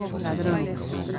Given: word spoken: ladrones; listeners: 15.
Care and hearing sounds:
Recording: one Spanish word in noise, from a listening test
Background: eight-talker babble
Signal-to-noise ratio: -0.1 dB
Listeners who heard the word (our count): 3 of 15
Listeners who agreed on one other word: 11 of 15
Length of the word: 0.79 s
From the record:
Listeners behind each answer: 11, 3, 1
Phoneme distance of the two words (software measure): 14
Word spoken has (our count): 3 syllables, 8 phonemes, stress on syllable 2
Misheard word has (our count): 2 syllables, 6 phonemes, stress on syllable 2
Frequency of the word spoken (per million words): 10.52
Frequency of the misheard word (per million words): 8.65

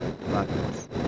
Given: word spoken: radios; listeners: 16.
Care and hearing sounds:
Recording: one Spanish word in noise, from a listening test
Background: noise modulated by three-talker babble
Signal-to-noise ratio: -3.7 dB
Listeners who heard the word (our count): 0 of 16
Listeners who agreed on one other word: 6 of 16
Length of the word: 0.68 s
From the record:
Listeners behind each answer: 6, 4, 2, 1, 1, 1, 1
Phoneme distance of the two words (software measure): 27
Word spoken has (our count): 2 syllables, 6 phonemes, stress on syllable 1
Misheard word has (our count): 2 syllables, 5 phonemes, stress on syllable 1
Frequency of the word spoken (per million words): 7.22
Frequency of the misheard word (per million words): 150.99

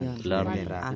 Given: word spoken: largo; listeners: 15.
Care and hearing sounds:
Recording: one Spanish word in noise, from a listening test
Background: four-talker babble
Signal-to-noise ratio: 0.4 dB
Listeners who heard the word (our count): 1 of 15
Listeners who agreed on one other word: 7 of 15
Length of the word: 0.56 s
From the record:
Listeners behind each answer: 7, 3, 2, 1, 1, 1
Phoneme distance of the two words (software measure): 24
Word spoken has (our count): 2 syllables, 5 phonemes, stress on syllable 1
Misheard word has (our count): 2 syllables, 5 phonemes, stress on syllable 1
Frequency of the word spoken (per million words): 244.59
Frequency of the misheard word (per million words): 6.15

